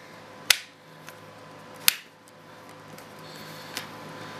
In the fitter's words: got to get it snapped back into the track there